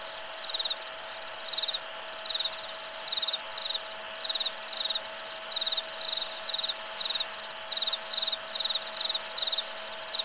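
Cricket chirping: many short, high, pulsed chirps in a series, with a steady hum beneath.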